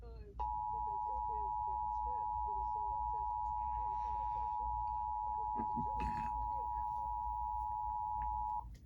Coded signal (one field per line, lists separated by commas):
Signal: Emergency Alert System (SAME) tones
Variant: 853 and 960 Hz attention tone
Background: speech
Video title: The Return of Random River Flood Warnings... EAS Alerts from January 4, 2021 (EAS #780-781)